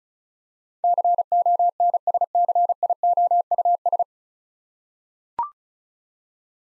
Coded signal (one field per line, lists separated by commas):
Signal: Morse code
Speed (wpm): 36 wpm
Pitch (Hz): 700 Hz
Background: none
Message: CONSCIOUS